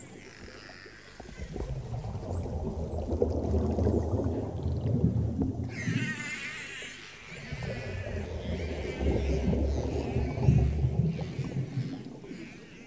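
Whales and dolphins call underwater over a dense, rumbling low wash of water that swells and fades in slow waves. Around the six-second mark a bright burst of warbling, chirping calls rises high above the murk, followed by fainter trilling later on.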